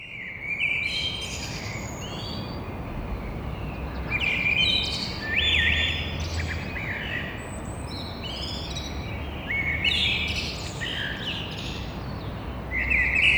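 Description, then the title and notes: Eurasian blackbird singing repeated warbled phrases with high chattering flourishes, pausing briefly between them, against continuous background noise. Single blackbird in a courtyard between two windows, Toulouse, Thursday 9 April, 6:30. "Merle noir côté cour. Stéphane Marin"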